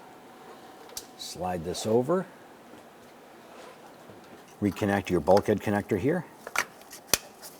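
A bumper harness bulkhead connector on a 2015-2020 Cadillac Escalade is reconnected to the vehicle harness while replacing a rear parking sensor. Someone talks, then there are a few small handling taps before a sharp click at 7.1 s as the connector seats.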